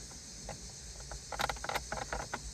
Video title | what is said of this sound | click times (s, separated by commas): Mangoal dash cam with OEM installation look. Unboxing, installation and demonstration. - VOTD | You're going to need something to do that unless you have a long fingernail. I haven't got it to click yet. | none